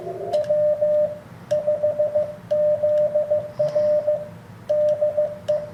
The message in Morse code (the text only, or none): W5ZR DE